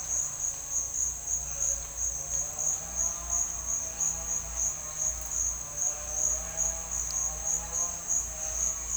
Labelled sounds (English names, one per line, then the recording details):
none
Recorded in dense forest near Puerto Asís, Putumayo, Colombia, on 18 December 2024 at 10:00
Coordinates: 0.481, -76.323
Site G100